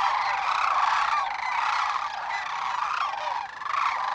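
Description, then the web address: Sandhill crane calls, many overlapping rolling, trumpeting notes from a group merging into a continuous chorus with surges of louder calls. "Dan Gibson Wildlife Identification By Sound, Western North America. Sandhill Crane"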